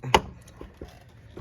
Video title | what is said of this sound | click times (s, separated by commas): 2015 Nissan Murano spark plug and PCV valve replace change | you have to do is grab it firmly on both sides and Pop It Up | 0.1 s